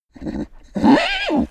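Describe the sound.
Pig bawling: a short grunting cry, a brief pause, then a longer loud harmonic squealing wail that rises and falls.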